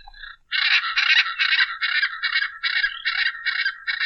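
Hyacinth Macaw giving a rapid run of harsh, grating squawks, continuing steadily after a brief quieter note at the start.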